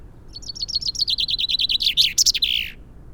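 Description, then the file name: Common chaffinch singing a rapid run of repeated notes that drops gradually in pitch, closing with a louder emphatic flourish. "Fringilla coelebs"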